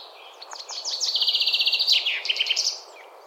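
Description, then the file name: Common chaffinch song: a quickening run of high notes settles into a rattling, slightly descending trill, then ends with a brief emphatic flourish, with faint hiss behind. "Fringilla coelebs"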